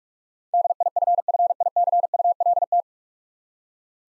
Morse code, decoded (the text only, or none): DIFFICULT